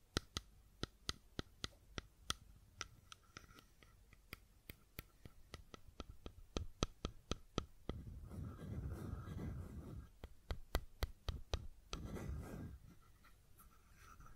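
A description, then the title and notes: Sharp, bright clicks and taps from a fidget cube come in quick, irregular bursts, dry. Around eight to ten seconds and again near twelve, a low rubbing rumble swells beneath the clicking, like fingers rolling or sliding across the cube. ASMR Fidget Cube Tapping and Clicking Sounds (No Talking).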